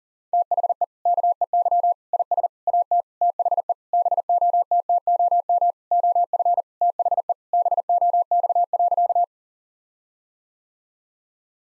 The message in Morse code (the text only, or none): THE KEY IS AT THE BOTTOM OF THE BOX.